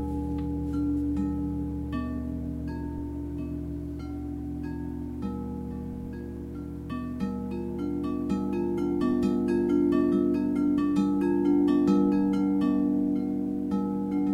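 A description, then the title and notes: Crystal bowls ring in long, sustained tones that overlap and shift in pitch, with a steady low hum underneath. Bright, quick strikes and shimmering chime-like notes scatter throughout, growing denser and slightly louder after the midpoint. LIVE CRYSTAL BOWL CONCERT. Full set single track recorded live at one of my crystal singing bowl concerts.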